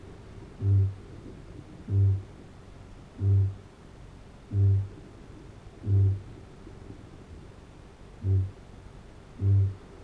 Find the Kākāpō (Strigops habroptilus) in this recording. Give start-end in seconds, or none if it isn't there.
0.00-10.04